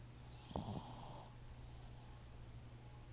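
Snoring of a pet named Jojo Boo, a single brief low snort-like snore.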